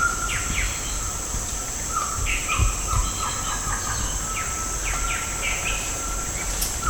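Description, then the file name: Bird giving scattered short downslurred chirps over a steady high hiss and low background rumble. "SABIOD 50 bird 2015"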